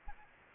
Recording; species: mosquito wingbeat signal from an infrared sensor; Aedes aegypti